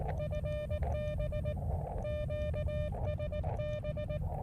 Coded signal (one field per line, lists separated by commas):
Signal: Morse code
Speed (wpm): 18 wpm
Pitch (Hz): 600 Hz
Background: music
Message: FB QSB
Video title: Catch a Fish & a QRP QSO? Elecraft KX2 + Pico Paddle CW ~~~ K6ARK !!!